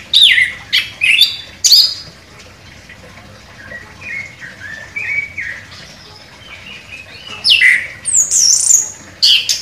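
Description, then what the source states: Orange-headed thrush song of scattered high whistled and slurred notes, some rising and falling, given in short bursts with pauses between them. Described as gacor, vigorously singing.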